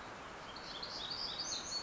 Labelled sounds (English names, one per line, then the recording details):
Black-throated Gray Warbler
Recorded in Sonoma County, California